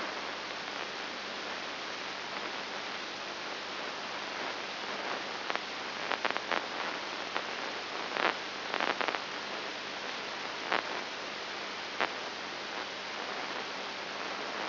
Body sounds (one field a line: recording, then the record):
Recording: brain microelectrode recording played as sound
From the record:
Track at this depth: inside the subthalamic nucleus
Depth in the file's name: 3.902 mm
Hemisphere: left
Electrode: 3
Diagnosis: Parkinson's disease